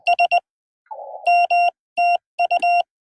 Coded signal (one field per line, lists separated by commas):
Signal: Morse code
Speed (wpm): 20 wpm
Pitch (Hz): 700 Hz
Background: none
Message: S M TU